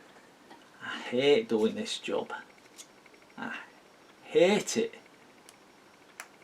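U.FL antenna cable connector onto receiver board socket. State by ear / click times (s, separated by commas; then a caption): seated / 6.2 s. A tiny U.FL antenna coax connector on its cable is pressed onto its socket on a receiver board while someone talks. Faint ticks come at about 3.1 s and 5.5 s, and then a sharper click at 6.2 s confirms the connector has seated.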